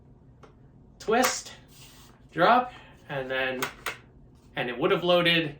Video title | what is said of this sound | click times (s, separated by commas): Garaysar TR19S shotgun review Pt.1 | you'll hear it click, | 0.4 s